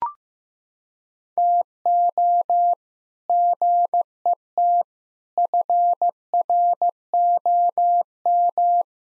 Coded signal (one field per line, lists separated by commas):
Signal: Morse code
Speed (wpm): 15 wpm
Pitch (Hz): 700 Hz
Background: none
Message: TO GET FROM